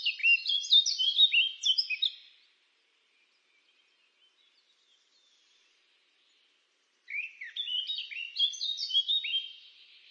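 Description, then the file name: Eurasian blackcap giving two rich warbled song phrases separated by several seconds of near silence. "Kapturka"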